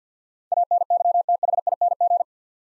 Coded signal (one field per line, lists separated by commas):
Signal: Morse code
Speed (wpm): 50 wpm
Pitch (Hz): 700 Hz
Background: none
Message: ANYTHING